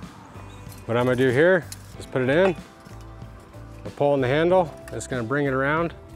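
Someone talks over background music while fitting a metal 2-3/8 inch bear hold fence fabric stretcher clamp around a chain link fence post by pulling its handle to bring it around. The clip ends before the clamp locks onto the post, so nothing has seated or clicked yet.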